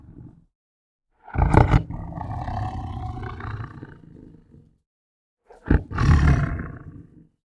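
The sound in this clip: Tiger, a loud throaty growl trailing into a long rumble, then a second sharp snarling growl after a pause.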